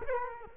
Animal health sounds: mosquito wingbeat signal from an infrared sensor; Culex quinquefasciatus

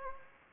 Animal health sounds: mosquito wingbeat signal from an infrared sensor; Anopheles gambiae

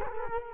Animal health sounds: mosquito wingbeat signal from an infrared sensor; Culex quinquefasciatus

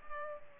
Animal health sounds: mosquito wingbeat signal from an infrared sensor; Culex pipiens

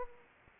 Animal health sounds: mosquito wingbeat signal from an infrared sensor; Anopheles arabiensis

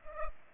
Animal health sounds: mosquito wingbeat signal from an infrared sensor; Culex pipiens

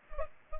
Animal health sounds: mosquito wingbeat signal from an infrared sensor; Culex pipiens

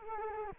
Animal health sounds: mosquito wingbeat signal from an infrared sensor; Culex quinquefasciatus

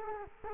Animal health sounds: mosquito wingbeat signal from an infrared sensor; Culex quinquefasciatus

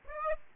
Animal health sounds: mosquito wingbeat signal from an infrared sensor; Aedes aegypti

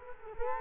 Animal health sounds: mosquito wingbeat signal from an infrared sensor; Culex quinquefasciatus

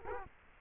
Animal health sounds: mosquito wingbeat signal from an infrared sensor; Culex quinquefasciatus

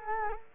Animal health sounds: mosquito wingbeat signal from an infrared sensor; Culex quinquefasciatus

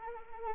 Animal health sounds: mosquito wingbeat signal from an infrared sensor; Anopheles arabiensis

